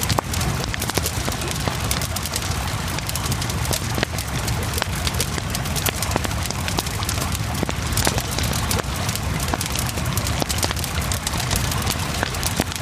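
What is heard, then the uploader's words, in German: A campfire crackles beside the Isar river, with sharp pops and snaps arriving irregularly but often, several each second, across the whole span. Underneath, the river's rushing hiss and a low rumble hold steady and dense, with no break in level. Aufnahme von der Isar mit einem gemütlichen Lagerfeuer.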